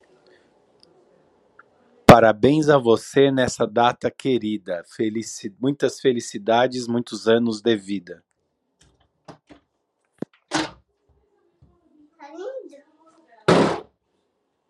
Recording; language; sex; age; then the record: short text; Brazilian Portuguese; male; 40 to 49 years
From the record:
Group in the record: control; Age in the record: 41 years